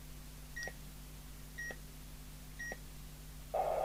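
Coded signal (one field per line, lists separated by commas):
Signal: none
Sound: radio button beeps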